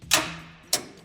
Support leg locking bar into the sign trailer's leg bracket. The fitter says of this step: pull out the bar here, and we push this in until we hear the click.